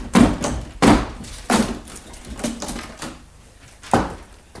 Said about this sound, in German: Parker, wir müssen die Türe einschlagen